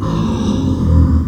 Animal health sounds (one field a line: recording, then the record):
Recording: squeal of a Yucatan mini pig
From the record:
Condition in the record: after surgery on the right vocal fold (resection and tissue-engineered implant)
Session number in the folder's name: 14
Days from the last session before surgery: 133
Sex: female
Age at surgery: 19 weeks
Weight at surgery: 25 kg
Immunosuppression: prednisolone